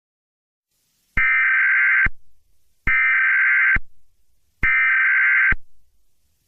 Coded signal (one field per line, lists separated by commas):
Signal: Emergency Alert System (SAME) tones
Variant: header bursts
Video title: EAS Scenario #12: Perfect Mimicry